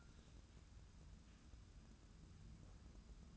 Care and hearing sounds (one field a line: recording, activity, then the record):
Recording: daily activity, microphone in the room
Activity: take from stove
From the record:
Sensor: 2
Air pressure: 994.3 hPa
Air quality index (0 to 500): 217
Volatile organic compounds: 1000 ppm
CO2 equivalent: 7196 ppm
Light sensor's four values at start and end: 137/328/139/143 and 137/328/139/143